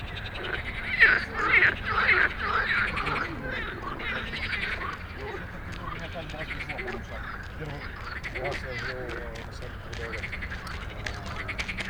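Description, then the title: Frog chorus, a burst of loud rattling croaks in the first three seconds, then softer steady calling and quick chuckling notes beneath. Dense evening frog chorus of many frogs after dark in Stromovka Park, Prague, 18 May 2022 from 22:08, recorded on a Sony PCM-D100 while sitting among them. "Stromovka Park, Prague - Frog concert at Stromovka after dark"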